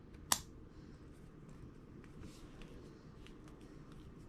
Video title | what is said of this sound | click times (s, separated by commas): First Time Trying Epoxy Pen | you can hear that click | 0.3 s